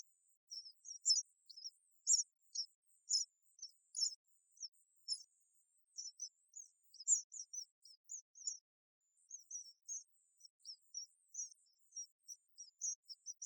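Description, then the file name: House sparrow chirping, many quick high notes in an uneven, busy run, fairly soft throughout. "Passer domesticus"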